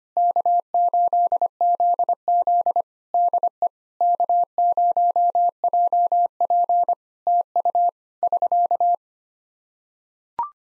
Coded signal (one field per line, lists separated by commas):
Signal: Morse code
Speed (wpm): 25 wpm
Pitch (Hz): 700 Hz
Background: none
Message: K8ZZ DE K0JP TU <SK>